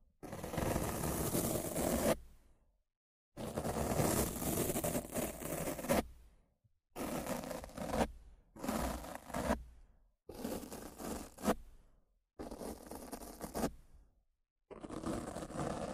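Rough scratching and brushing against a microphone comes in seven dense, gritty bursts, each one to two seconds long, separated by short silences.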